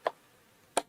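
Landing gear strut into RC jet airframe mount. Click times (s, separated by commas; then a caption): 0.8 s. The main landing gear strut of a foam Freewing L-15 JL-10 Falcon 64mm EDF RC jet is lined up and pushed straight into its airframe mount. A softer tick sounds at 0.1 s, then a sharp, bright click at 0.8 s as the strut seats in the mount.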